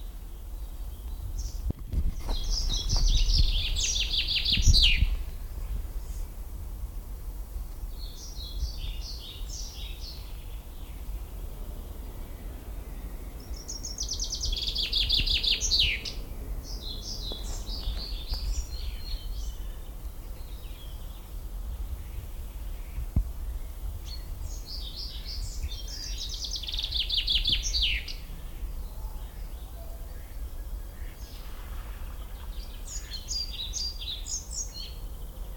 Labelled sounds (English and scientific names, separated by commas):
European Pied Flycatcher (Ficedula hypoleuca) song